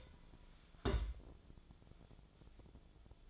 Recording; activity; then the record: daily activity, microphone in the room; place on stove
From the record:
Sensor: 5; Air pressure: 1010.0 hPa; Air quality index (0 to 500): 154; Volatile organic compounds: 3 ppm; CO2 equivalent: 1499 ppm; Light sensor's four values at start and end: 242/590/250/273 and 247/596/254/281